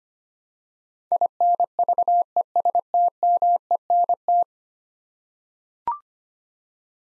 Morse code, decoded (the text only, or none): INVESTMENT